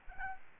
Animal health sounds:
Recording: mosquito wingbeat signal from an infrared sensor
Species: Aedes albopictus

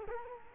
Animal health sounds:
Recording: mosquito wingbeat signal from an infrared sensor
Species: Culex quinquefasciatus

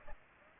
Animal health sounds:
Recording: mosquito wingbeat signal from an infrared sensor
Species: Aedes aegypti

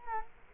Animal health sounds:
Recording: mosquito wingbeat signal from an infrared sensor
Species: Culex quinquefasciatus

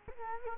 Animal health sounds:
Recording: mosquito wingbeat signal from an infrared sensor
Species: Culex quinquefasciatus

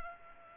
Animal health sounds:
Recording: mosquito wingbeat signal from an infrared sensor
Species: Culex pipiens

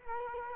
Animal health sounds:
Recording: mosquito wingbeat signal from an infrared sensor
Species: Culex quinquefasciatus

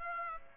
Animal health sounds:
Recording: mosquito wingbeat signal from an infrared sensor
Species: Aedes aegypti

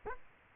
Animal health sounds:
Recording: mosquito wingbeat signal from an infrared sensor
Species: Aedes aegypti

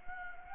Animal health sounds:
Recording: mosquito wingbeat signal from an infrared sensor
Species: Anopheles gambiae

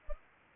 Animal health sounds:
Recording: mosquito wingbeat signal from an infrared sensor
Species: Anopheles arabiensis

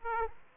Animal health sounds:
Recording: mosquito wingbeat signal from an infrared sensor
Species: Aedes aegypti

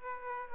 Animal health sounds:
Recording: mosquito wingbeat signal from an infrared sensor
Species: Aedes aegypti

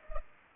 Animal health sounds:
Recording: mosquito wingbeat signal from an infrared sensor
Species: Culex pipiens

